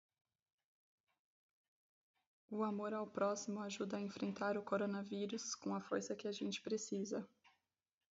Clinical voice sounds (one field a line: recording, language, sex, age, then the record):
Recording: spoken sentence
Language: Brazilian Portuguese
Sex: female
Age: 20 to 29 years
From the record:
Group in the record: control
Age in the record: 29 years